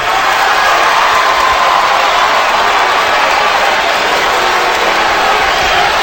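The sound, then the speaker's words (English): A large arena crowd roars and cheers for the performer addressing them, in a steady, loud wash of noise that holds without a break for about six seconds, with no single voice standing out. “Those of you who are cheering me right now, you are just the biggest part of me leaving as anything else.”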